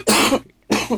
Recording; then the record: coughing mixed with background sound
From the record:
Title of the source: 61 morning phlegmy cough...again